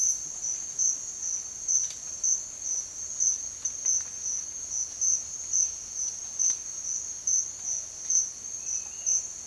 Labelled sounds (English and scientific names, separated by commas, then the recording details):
Yellow-crowned Tyrannulet (Tyrannulus elatus)
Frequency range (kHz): Yellow-crowned Tyrannulet (Tyrannulus elatus) 2.2-3.3 kHz
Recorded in secondary vegetation near Puerto Asís, Putumayo, Colombia, on 30 June 2025 at 08:00
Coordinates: 0.499, -76.323
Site G077